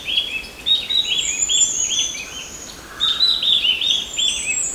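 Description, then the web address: Mountain wren-babbler calls: high, thin whistled notes and short warbled phrases in two bursts. Mount Kinabalu, Bukit Ular, recorded 14 August 2009. "MTKINABALUBUKITULAR. mountain wren-babbler"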